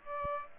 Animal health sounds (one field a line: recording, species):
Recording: mosquito wingbeat signal from an infrared sensor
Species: Aedes aegypti